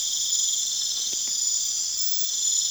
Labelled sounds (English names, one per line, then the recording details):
none
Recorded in pastures near Puerto Asís, Putumayo, Colombia, on 29 June 2025 at 23:30
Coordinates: 0.502, -76.324
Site G010